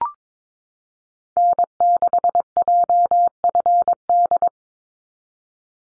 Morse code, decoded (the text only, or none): N6JFD